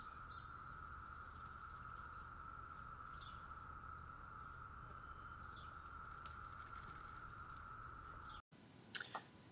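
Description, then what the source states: Periodical cicada chorus, a steady even drone held on one tone that breaks off abruptly near the end. Brood X periodical cicadas during their 17-year emergence, in early morning; likened to Star Trek phasers on stun; sounds said to differ by time of day.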